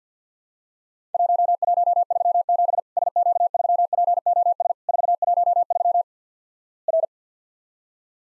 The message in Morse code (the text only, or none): 1137 SQ3POS 413 R